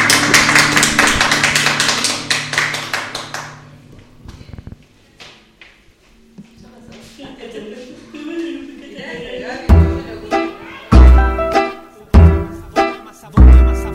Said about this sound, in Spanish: Cerramos, nos vamos. Un aplauso. Un aplauso.